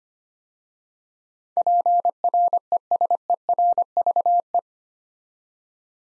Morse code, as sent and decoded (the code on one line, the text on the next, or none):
.--. .-. . ... . .-. ...- .
PRESERVE